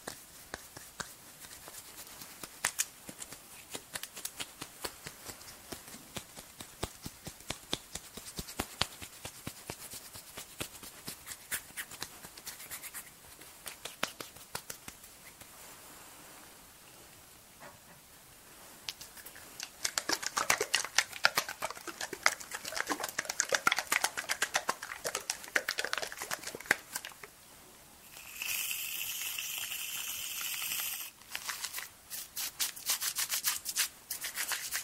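Body mousse is rubbed and worked over the face, giving soft, dense crackling and rubbing sounds with frequent sharp clicks. Around the 20-second mark the rubbing grows louder and brighter, and a brief high, hissing burst appears near 28 to 31 seconds.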